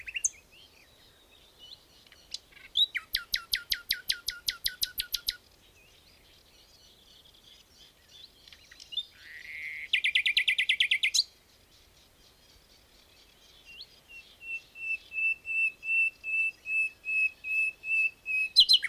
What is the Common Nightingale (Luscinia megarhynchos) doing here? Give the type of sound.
song